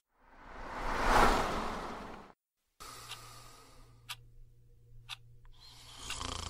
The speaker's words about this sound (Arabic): وبعد دقائق بدأ صوت شخيره المزعج، فأيقنت أنه لا نوم في هذه الليلة السوداء.